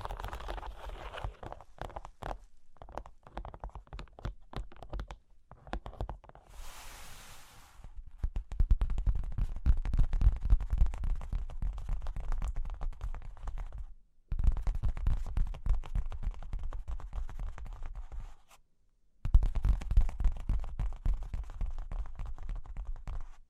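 Cork and wood are tapped, scratched and traced in dense runs of small, fast clicks and rubbing strokes, low-weighted with a dry rasp. Brief gaps of silence break it near 5, 14 and 18 seconds, and a short bright hiss sweeps through around 7 seconds.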